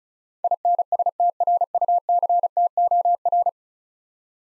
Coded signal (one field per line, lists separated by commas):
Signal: Morse code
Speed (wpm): 36 wpm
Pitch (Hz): 700 Hz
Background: none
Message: INSTRUCTOR